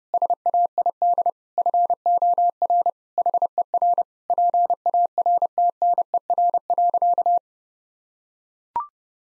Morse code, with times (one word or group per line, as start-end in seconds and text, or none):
0.1-1.3 SAID
1.6-2.9 FOR
3.2-4.0 HER
4.3-7.4 PARTNER.